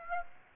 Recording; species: mosquito wingbeat signal from an infrared sensor; Aedes aegypti